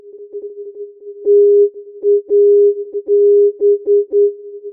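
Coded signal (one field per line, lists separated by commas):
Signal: Morse code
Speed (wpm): 9 wpm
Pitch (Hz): 410 Hz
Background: music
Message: TAB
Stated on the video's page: Non-directional beacon on AM 323 kHz; carrier 4 Hz below 323 kHz, sidebands at ±408 Hz instead of the usual ±400 Hz.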